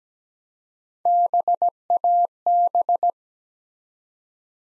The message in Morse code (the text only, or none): BAB